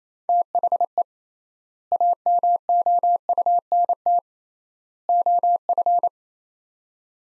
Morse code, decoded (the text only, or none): THE AMOUNT OF